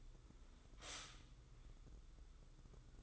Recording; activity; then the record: daily activity, microphone in the room; stop toaster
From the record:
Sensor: 3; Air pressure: 995.2 hPa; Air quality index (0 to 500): 74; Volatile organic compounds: 5 ppm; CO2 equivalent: 1719 ppm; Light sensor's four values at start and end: 18/54/23/20 and 18/54/23/20